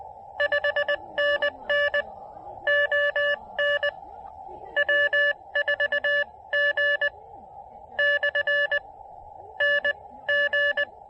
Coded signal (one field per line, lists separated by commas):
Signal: Morse code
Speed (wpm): 20 wpm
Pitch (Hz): 1750 Hz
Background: none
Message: 5NN ON W4G/NG